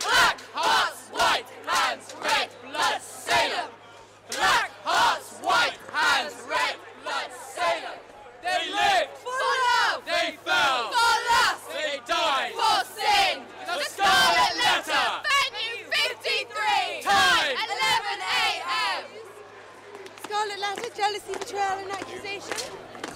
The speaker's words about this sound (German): Also es ist schon beeindruckend, so ein bisschen wie die Rote Armee, die hier durchmarschiert. Die sind auch alle rot angezogen und stampfen auf den Boden und die Touristen haben sich so ein bisschen jetzt erschrocken.